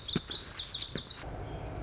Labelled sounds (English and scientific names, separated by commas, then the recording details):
Lazuli Bunting (Passerina amoena)
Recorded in Sonoma County, California